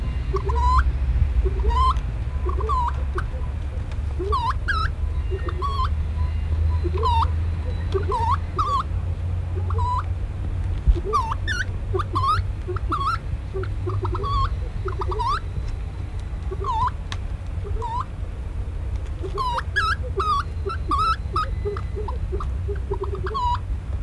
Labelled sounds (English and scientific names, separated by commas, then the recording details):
Reeves's Pheasant (Syrmaticus reevesii) call
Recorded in captivity
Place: Bergzoo Helmarshausen, Hessen, DE
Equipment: Halbspur, 9,5 cm/s
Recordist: Lütgens, Hans